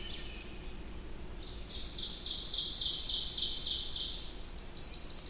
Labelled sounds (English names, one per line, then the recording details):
Ovenbird song
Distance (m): 30 m
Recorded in boreal forest in Alberta, Canada, on 20 June 2016 at 06:40
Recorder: SongMeter 3, array SBT-6-81
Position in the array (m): 5 m, 287 m
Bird 26